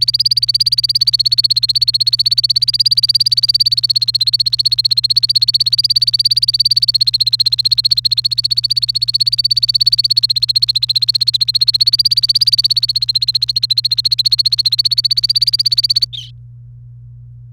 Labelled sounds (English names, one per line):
Domestic Canary song